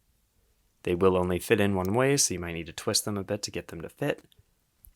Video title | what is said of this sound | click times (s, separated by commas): Citizen Brick Lowrider Carpool Custom Lego Set Review | and you will hear a click when they enter all the way | 4.8 s